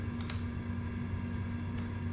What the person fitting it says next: it locks in place and I can let it go it's locked in there